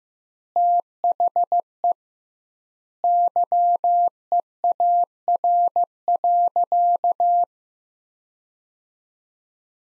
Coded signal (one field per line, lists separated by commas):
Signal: Morse code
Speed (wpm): 15 wpm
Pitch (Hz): 700 Hz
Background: none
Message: THE YEAR.